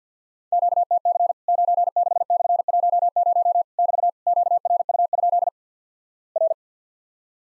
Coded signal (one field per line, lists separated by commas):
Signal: Morse code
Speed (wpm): 54 wpm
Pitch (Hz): 700 Hz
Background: none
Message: QTC 96/10 <BT> QRU? R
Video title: Worked All Europe DX Contest QTC Exchange 50wpm